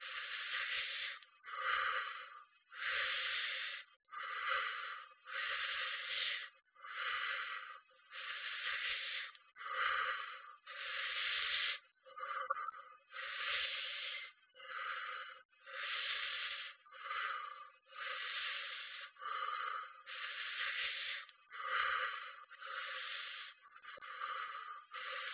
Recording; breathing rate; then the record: paced breathing near a phone; 24 breaths a minute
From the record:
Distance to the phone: 20 cm